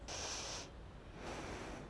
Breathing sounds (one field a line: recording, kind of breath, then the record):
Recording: one breath in and out by a microphone near the nose and mouth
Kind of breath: deep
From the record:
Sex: female